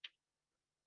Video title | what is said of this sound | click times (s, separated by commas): Inside the Best Damn Doors Factory - Lean Manufacturing at Its Finest | and they just snap into place they're just like little spacers | 0.0 s